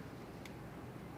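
The small armature of a Shimano Stradic fishing reel's bail arm is pushed into its hole on the rotor and drops right in, seated. A single brief, sharp high-pitched tick at 0.5 s rises over a steady low rumbling background.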